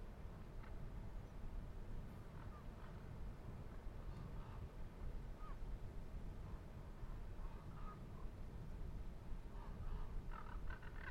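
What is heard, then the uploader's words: An outdoor recording at Manzanita Barren, carried by a steady, dense low rumble like passing traffic that never lets up. Faint voices and short chirping sounds drift through at scattered moments, with a cluster of brighter clicks and chirps near the end. Manzanita Barren - Montclair, CA. Zoom H6. Magnetic Microphone Mounts.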